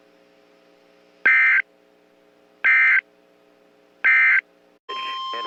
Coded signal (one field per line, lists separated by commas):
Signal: Emergency Alert System (SAME) tones